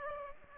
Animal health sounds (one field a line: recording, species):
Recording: mosquito wingbeat signal from an infrared sensor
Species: Aedes aegypti